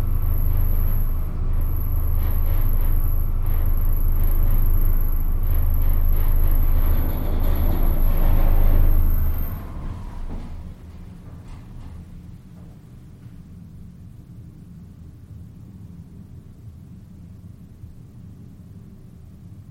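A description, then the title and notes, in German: A freight elevator runs with a heavy, deep rumble and a thin high whine above it, holding steady for about nine seconds. Around ten seconds the motor cuts out, the rumble drops away, and a quieter low hum with faint clunks remains. Transport (1): Lastenaufzug - Freight Elevator by Frank Schätzlein.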